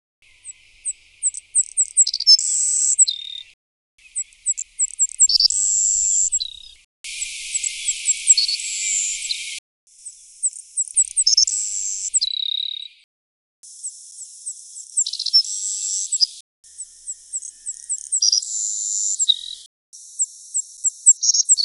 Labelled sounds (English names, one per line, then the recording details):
Savannah Sparrow song
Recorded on Kent Island, New Brunswick, in 2008